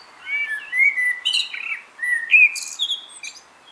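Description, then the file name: Common blackbird song: two fluty warbled phrases, each closing with a scratchy high twitter, over quiet background. "Turdus merula"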